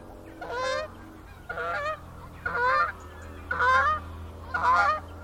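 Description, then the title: Goose honks, five loud harmonic calls spaced about a second apart, each a short nasal blare, over a steady low hum. Geese in gaggles in fields by the River Thame, England, UK, morning of 23 September 2023, excited by floodwater across the meadows. "Gaggles of geese, River Thame, England, UK on 23rd September 2023 – by Paul Ridout"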